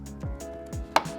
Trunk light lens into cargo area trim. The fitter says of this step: just apply some pressure until the tabs lock into place.